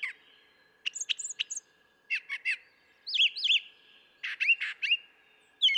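Brown thrasher song, short varied phrases in doubled groups, including high sweet notes and lower slurred chirps, separated by short pauses.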